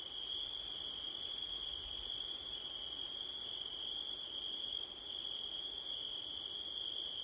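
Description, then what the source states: Cricket: constant high-pitched trilling with a higher shimmering layer that swells and fades, over faint wind noise. Crickets on a September night, with wind; Blumlein stereo recording.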